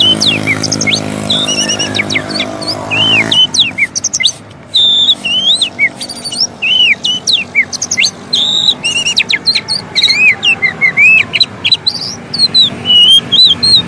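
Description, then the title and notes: Oriental magpie-robin singing a rich run of whistles, chips and trills, with a low droning hum during the first three seconds. Long-duration song for training kept birds to sing, day and night. "Kacer Jadi Gacor Siang Malam. Isian Kacer Durasi Panjang"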